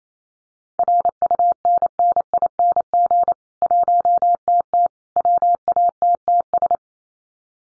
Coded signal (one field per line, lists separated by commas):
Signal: Morse code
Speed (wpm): 28 wpm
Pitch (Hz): 700 Hz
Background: none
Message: RUNNING 1TT WATTS